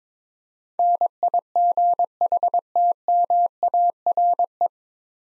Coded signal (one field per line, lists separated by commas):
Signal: Morse code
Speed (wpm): 22 wpm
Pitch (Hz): 700 Hz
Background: none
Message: NIGHTMARE